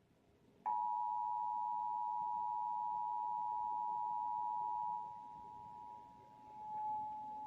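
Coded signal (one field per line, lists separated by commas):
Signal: Emergency Alert System (SAME) tones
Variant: 853 and 960 Hz attention tone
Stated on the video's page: Required Monthly Test for Indiana carried on Comcast cable.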